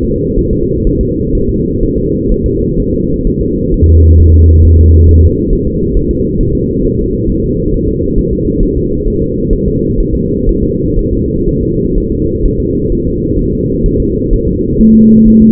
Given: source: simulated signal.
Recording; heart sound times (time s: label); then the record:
fetal heart sounds
0.05 s: S2
0.39 s: S1
0.53 s: S2
0.87 s: S1
1.01 s: S2
1.35 s: S1
1.49 s: S2
1.83 s: S1
1.98 s: S2
2.32 s: S1
2.46 s: S2
2.80 s: S1
2.94 s: S2
3.27 s: S1
3.41 s: S2
3.74 s: S1
3.88 s: S2
4.20 s: S1
4.34 s: S2
4.65 s: S1
4.79 s: S2
5.09 s: S1
5.23 s: S2
5.53 s: S1
5.67 s: S2
5.97 s: S1
6.11 s: S2
6.41 s: S1
6.55 s: S2
6.85 s: S1
6.99 s: S2
7.30 s: S1
7.44 s: S2
7.74 s: S1
7.88 s: S2
8.19 s: S1
8.33 s: S2
8.63 s: S1
8.77 s: S2
9.08 s: S1
9.22 s: S2
9.53 s: S1
9.67 s: S2
10.00 s: S1
10.14 s: S2
10.49 s: S1
10.63 s: S2
10.99 s: S1
11.13 s: S2
11.49 s: S1
11.63 s: S2
11.98 s: S1
12.12 s: S2
12.45 s: S1
12.60 s: S2
12.92 s: S1
13.06 s: S2
13.39 s: S1
13.53 s: S2
13.86 s: S1
14.00 s: S2
14.33 s: S1
14.47 s: S2
14.81 s: S1
14.95 s: S2
15.28 s: S1
15.42 s: S2
From the record:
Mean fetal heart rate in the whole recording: 130 bpm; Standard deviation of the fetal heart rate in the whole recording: 4 bpm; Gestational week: 38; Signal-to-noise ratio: -14.7 dB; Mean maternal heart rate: 72 bpm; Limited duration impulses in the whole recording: present